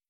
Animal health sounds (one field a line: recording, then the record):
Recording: hydrophone in a shrimp aquaculture tank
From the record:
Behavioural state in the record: starved